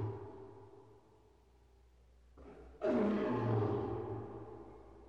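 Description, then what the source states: Big cat roar: the fading tail of a growl, a quiet pause, a brief rise in sound, then one loud, harsh roar that slowly dies away. Big cat roaring while in a cage.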